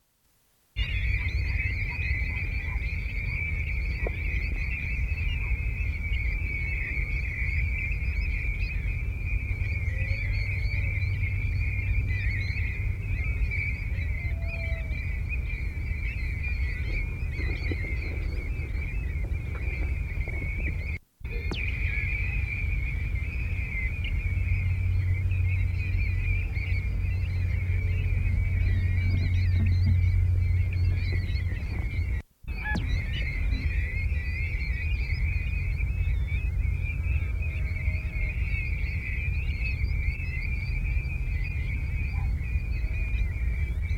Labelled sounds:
European Golden Plover (Pluvialis apricaria) call

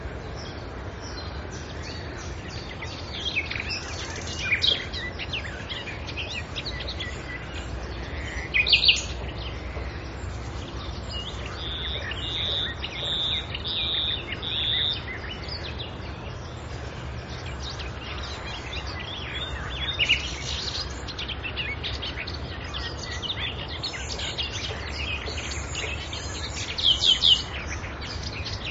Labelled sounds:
Common Nightingale (Luscinia megarhynchos) song

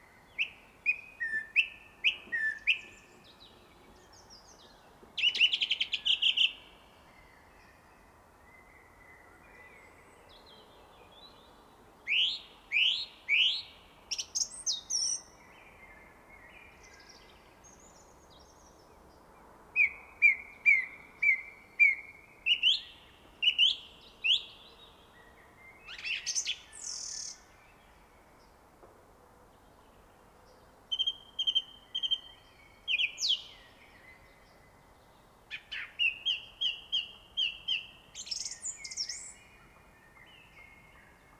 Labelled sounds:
Song Thrush (Turdus philomelos) song

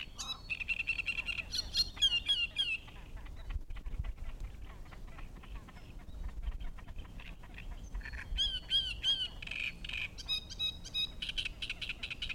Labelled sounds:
Great Reed Warbler (Acrocephalus arundinaceus)

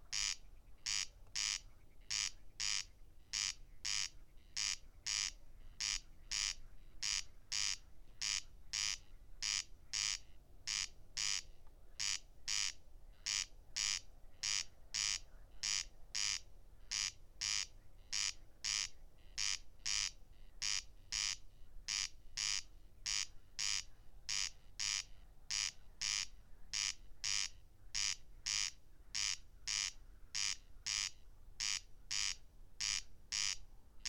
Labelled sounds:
Corn Crake (Crex crex) song

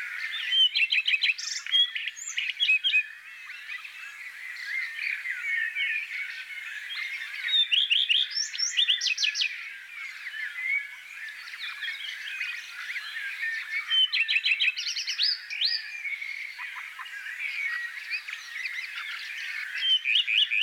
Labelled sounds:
Common Redstart (Phoenicurus phoenicurus) song

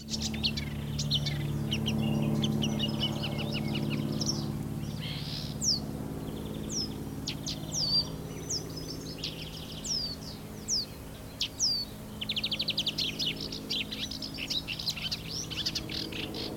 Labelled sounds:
Marsh Warbler (Acrocephalus palustris)

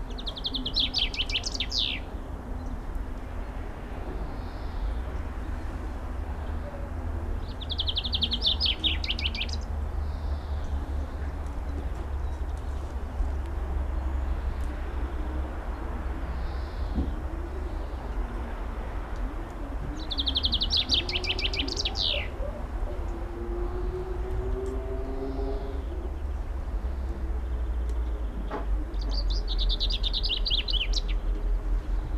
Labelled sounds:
Common Chaffinch (Fringilla coelebs) song

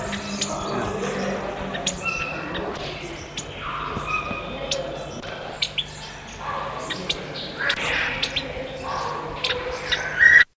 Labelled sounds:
Orange-breasted Bunting (Passerina leclancherii) call

